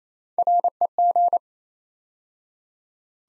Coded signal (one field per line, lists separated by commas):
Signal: Morse code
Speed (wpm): 27 wpm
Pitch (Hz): 700 Hz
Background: none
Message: REG